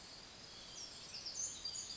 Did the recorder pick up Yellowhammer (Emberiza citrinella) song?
no